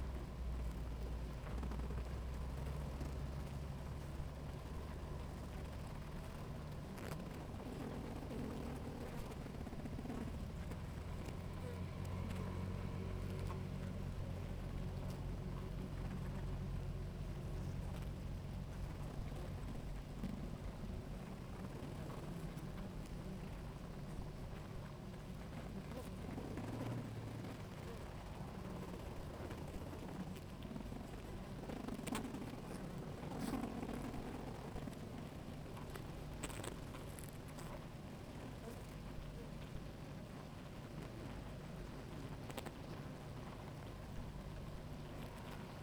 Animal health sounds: honeybee colony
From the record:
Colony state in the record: active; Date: 28 July 2017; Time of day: 17:40

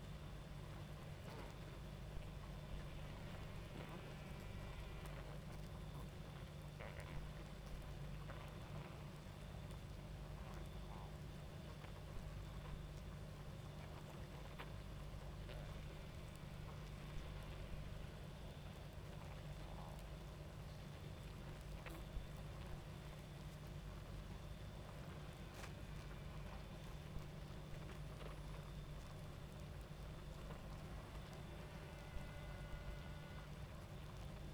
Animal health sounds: honeybee colony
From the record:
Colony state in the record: active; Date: 28 July 2017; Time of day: 23:20

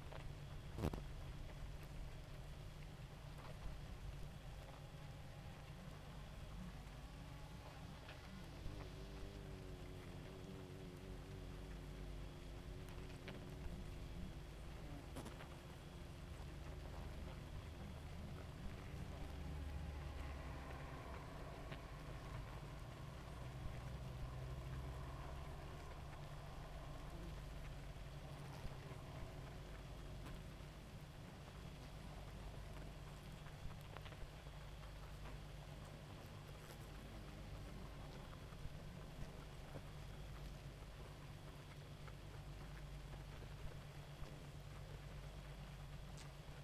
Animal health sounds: honeybee colony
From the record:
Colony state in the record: active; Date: 28 July 2017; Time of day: 2:07

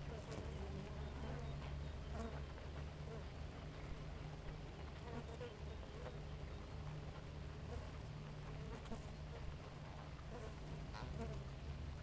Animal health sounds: honeybee colony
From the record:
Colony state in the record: active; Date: 28 July 2017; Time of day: 4:30

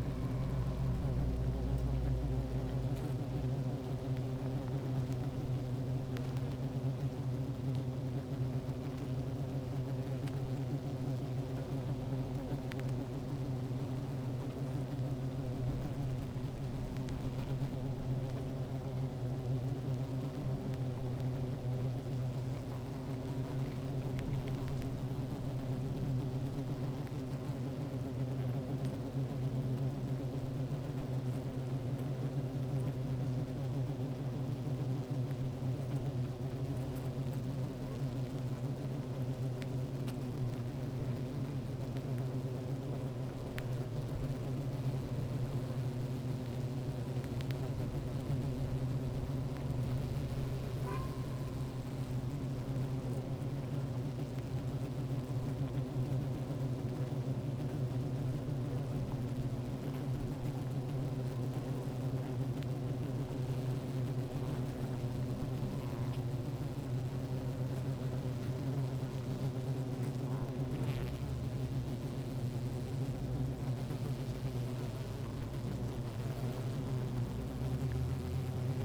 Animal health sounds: honeybee colony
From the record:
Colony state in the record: active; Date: 28 July 2017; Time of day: 16:06

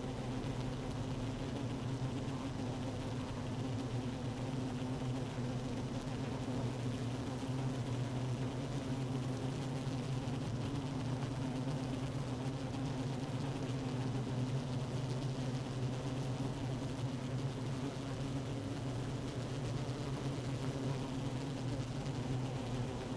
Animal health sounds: honeybee colony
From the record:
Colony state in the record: active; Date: 12 June 2018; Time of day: 15:46

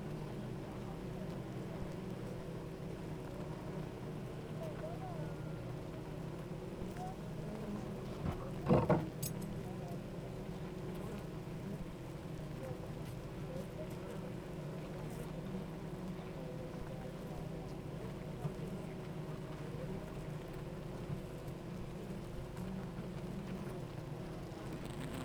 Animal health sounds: honeybee colony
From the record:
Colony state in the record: active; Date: 28 July 2017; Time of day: 8:54

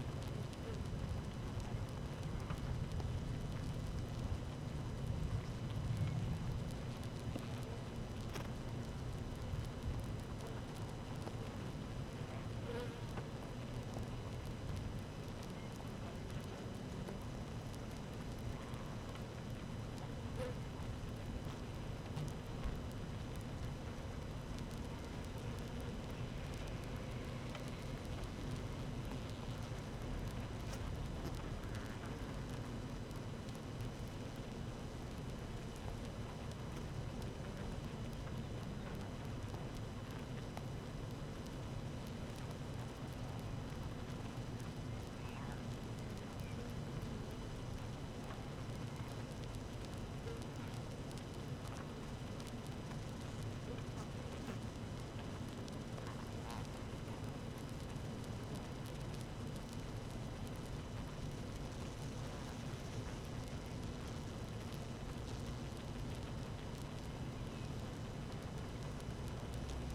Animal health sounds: honeybee colony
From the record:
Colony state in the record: active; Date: 12 June 2018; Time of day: 13:30

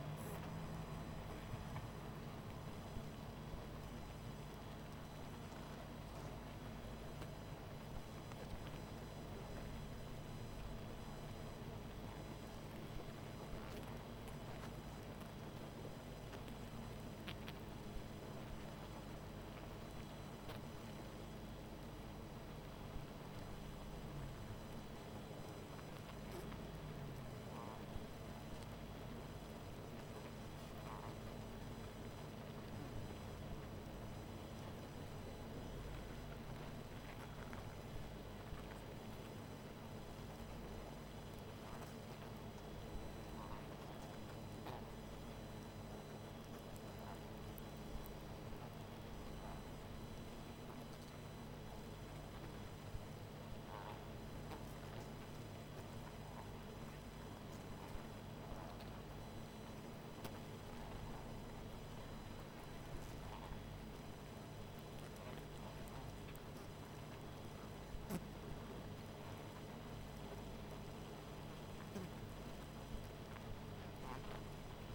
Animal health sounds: honeybee colony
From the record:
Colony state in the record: missing queen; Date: 14 July 2017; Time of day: 20:06

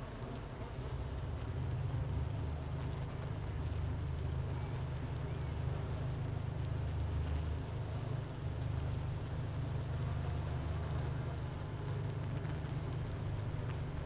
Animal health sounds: honeybee colony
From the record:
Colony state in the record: missing queen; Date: 31 May 2018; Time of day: 10:08

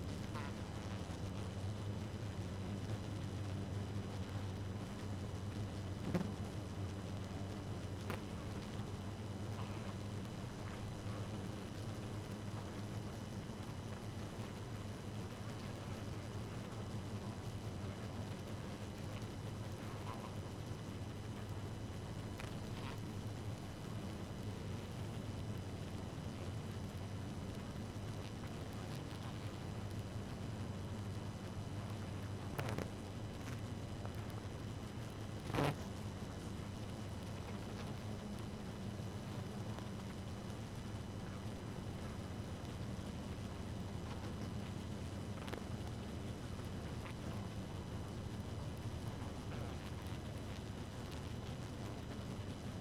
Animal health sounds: honeybee colony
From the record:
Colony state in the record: active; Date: 12 June 2018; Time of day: 2:26

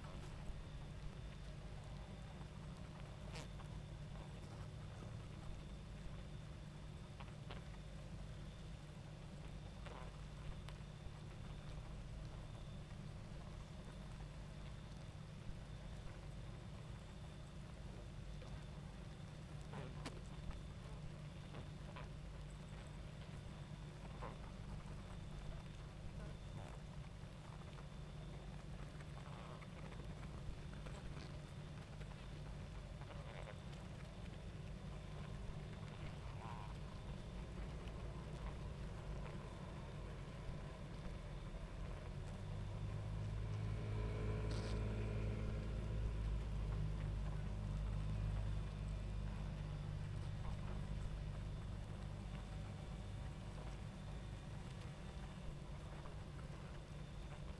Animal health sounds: honeybee colony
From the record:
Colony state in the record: active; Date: 28 July 2017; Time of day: 22:38

